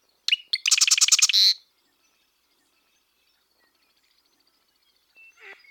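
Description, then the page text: Marsh wren gives one fast, harsh rattling trill after two sharp introductory notes, followed by quiet and a faint later note. Western population of marsh wren in North America; western and eastern populations remain genetically and culturally distinct across a broad overlap zone in southern Saskatchewan. "The songs and genes of Marsh Wrens tell of two species in North America - American Ornithological Society"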